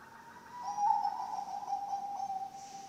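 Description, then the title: Zebra dove cooing: a continuous rippling, trilled tone lasting most of three seconds, steady in pitch with pulsing loudness. Bangkok-type zebra dove (perkutut) song, played for training other birds (masteran) and for luring (pancingan). "mster Mnuk. SUARA OCEHAN BURUNG PERKUTUT BANGKOK Untuk MASTERAN dan PANCINGAN"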